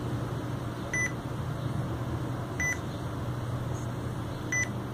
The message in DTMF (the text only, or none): none